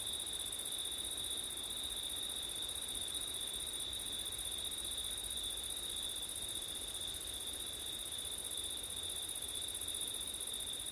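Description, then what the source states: Crickets trilling in a constant high chorus, smooth and level, with faint low background noise. Crickets at night in September, with wind; ORTF stereo recording.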